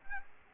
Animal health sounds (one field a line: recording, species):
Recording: mosquito wingbeat signal from an infrared sensor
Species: Culex quinquefasciatus